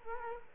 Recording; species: mosquito wingbeat signal from an infrared sensor; Culex quinquefasciatus